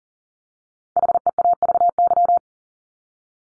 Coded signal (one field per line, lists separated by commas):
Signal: Morse code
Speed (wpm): 37 wpm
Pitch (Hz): 700 Hz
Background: none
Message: HEAVY